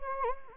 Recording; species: mosquito wingbeat signal from an infrared sensor; Anopheles gambiae